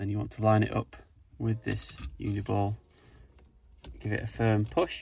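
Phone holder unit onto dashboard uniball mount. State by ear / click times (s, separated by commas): not seated / none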